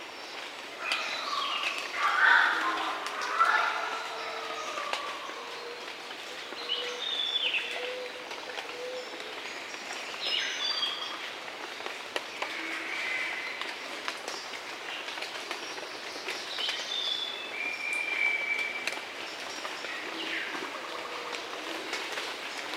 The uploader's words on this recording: The Daintree Rainforest. Daintree Rainforest in Queensland Australia. Eastern whipbird/Cicada/Spotted catbird/Graceful honeyeater/Bees/Green catbird/Torresian crow/australian crow/Yellow spotted honeyeater/Brown flyeater/Lewins flyeater/Brown cuckoo dove/Chowcilla.